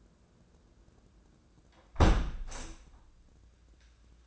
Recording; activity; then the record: daily activity, microphone in the room; close window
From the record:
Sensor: 2